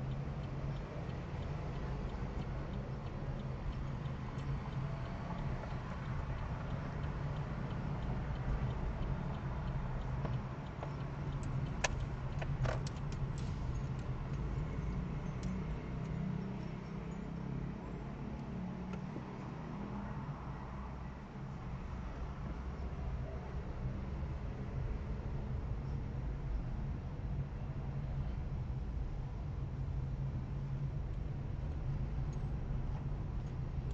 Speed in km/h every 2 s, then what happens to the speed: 11, 15, 17, 15, 13, 14, 17, 13, 5, 0, 0, 8, 10, 11, 12, 12, 13.
0-13 steady at about 15. 13-17 brakes to 0. 17-21 standing. 21-25 pulls away to 11. 25-34 steady at about 12.